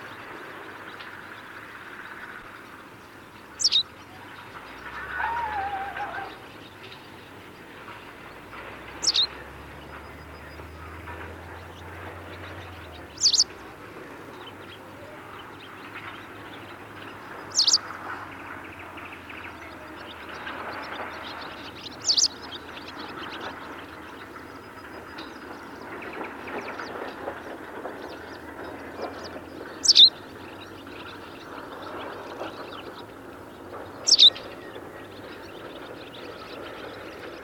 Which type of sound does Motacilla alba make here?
call